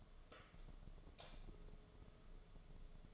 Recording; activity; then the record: daily activity, microphone in the room; light on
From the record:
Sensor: 4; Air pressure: 1011.1 hPa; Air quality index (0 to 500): 147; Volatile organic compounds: 3 ppm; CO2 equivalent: 1502 ppm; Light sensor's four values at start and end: 127/334/141/146 and 128/338/142/147